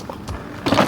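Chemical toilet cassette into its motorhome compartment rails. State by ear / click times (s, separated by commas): not seated / none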